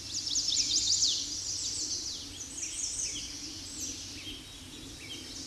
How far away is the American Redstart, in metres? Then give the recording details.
about 30 m. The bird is about 10 m above the microphone. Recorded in a Pennsylvania forest on 16 May 2024 at 06:46. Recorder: AudioMoth, point MSD-0230. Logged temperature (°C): 15.3 °C. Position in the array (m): 48 m, 220 m